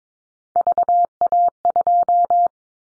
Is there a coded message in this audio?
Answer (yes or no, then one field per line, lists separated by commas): yes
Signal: Morse code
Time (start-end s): 0.6-2.5 s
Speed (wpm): 22 wpm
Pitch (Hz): 700 Hz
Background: none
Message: VA2